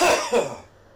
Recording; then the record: coughing mixed with background sound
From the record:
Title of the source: Spring Cold Coughing 2